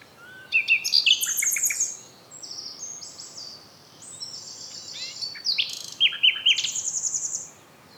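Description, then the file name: Common nightingale song: rapid rattling notes, then high sustained whistles and a series of loud, quick notes. "Luscinia megarhynchos"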